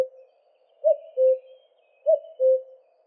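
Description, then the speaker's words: Common Cuckoo call, two clean cu-coo phrases, each a short higher note dropping to a longer lower one, the second phrase just over a second after the first. The cuckoo's call is imitated in its name in German and many other languages. "Und auch in sehr vielen anderen Sprachen rund um uns wurde der Kuckucksruf lautmalerisch in seinen Namen integriert."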